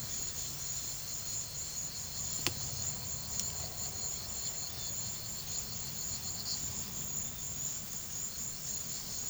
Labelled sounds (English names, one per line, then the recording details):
none
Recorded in pastures near Puerto Asís, Putumayo, Colombia, on 8 March 2025 at 16:30
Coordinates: 0.487, -76.322
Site G077